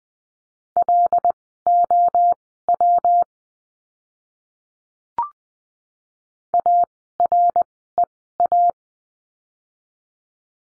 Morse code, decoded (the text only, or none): LOW AREA